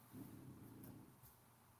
They can hear the dog snoring those are our Frenchies they're sleeping right behind us. That's the snoring.